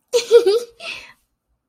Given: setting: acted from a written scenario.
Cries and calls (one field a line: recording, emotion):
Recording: vocal sound without words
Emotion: elation